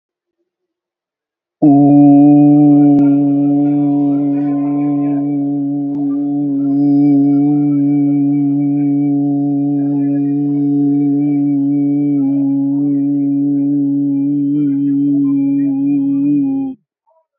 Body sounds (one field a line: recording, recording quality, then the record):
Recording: sustained vowel as in boot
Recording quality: excellent, no background noise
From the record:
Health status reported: healthy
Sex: male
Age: 24 years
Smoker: yes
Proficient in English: yes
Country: India